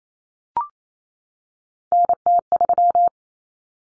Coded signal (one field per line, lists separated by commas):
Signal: Morse code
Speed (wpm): 28 wpm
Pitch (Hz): 700 Hz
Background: none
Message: NT3